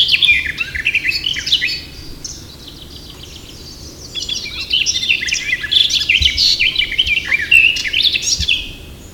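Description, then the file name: Eurasian blackcap song: hurried scratchy warble with some clearer whistled notes, two phrases with a pause after about two seconds. "Sylvia atricapilla"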